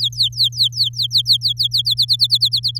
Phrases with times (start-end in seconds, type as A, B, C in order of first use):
0.00-1.82 A, 1.85-2.79 B